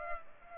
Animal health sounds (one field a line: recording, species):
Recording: mosquito wingbeat signal from an infrared sensor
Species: Culex pipiens